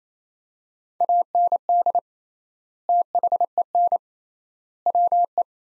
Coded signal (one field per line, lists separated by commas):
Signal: Morse code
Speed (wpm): 28 wpm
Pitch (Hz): 700 Hz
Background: none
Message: AND THEN WE